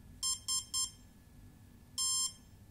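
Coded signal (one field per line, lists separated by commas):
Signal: none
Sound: ESC programming menu beeps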